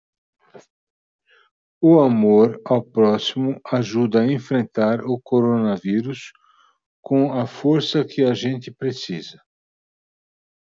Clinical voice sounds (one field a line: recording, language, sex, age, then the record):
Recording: spoken sentence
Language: Brazilian Portuguese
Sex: male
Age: 60 to 69 years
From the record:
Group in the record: control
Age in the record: 66 years